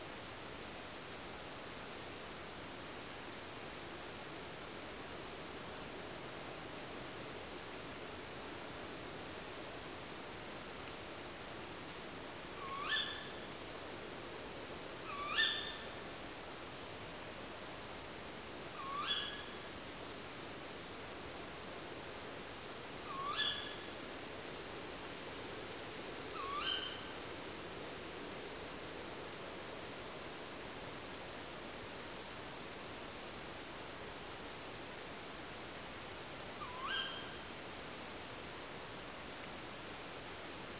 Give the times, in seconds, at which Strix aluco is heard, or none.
12.58-13.02, 15.05-15.52, 18.75-19.25, 23.07-23.49, 26.34-26.74, 36.60-37.02